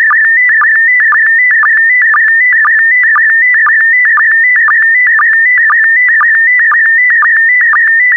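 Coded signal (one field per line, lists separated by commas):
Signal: SSTV (slow-scan television)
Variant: PD120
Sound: warbling whistle around 2 kHz with regular low chirps about twice a second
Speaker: Five, four, three, two, one. Transmission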